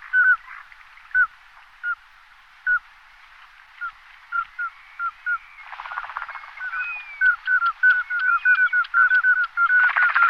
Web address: golosa anseriformes m nigra